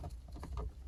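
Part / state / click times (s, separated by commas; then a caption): fuel injector into fuel distributor rail / not seated / none. A fuel injector with its O-rings is being pushed by hand into the bore of the plastic fuel distributor rail on a 2003 Sea-Doo GTX 951 DI engine, while the distributor is not yet secured by its retaining bolts. Soft, continuous handling and rubbing noises sit over a steady low hum. Nothing has seated or clicked yet.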